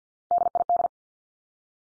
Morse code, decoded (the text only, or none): DID